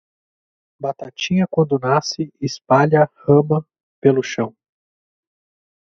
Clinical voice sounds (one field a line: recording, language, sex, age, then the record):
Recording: short text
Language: Brazilian Portuguese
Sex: male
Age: 20 to 29 years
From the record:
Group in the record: control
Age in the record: 25 years